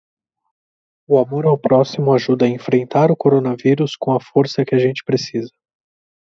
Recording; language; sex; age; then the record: spoken sentence; Brazilian Portuguese; male; 20 to 29 years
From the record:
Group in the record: control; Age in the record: 25 years